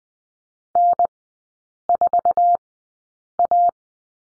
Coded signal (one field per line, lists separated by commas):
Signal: Morse code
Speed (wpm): 20 wpm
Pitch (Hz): 700 Hz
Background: none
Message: N4A